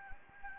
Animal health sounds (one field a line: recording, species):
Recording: mosquito wingbeat signal from an infrared sensor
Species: Anopheles gambiae